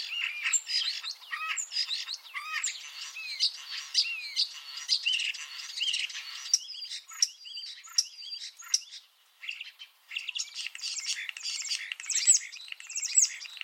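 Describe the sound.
Common starling song, a continuous jumble of whistles, wheezy slurs, clicks and rattles, briefly pausing before resuming just as dense.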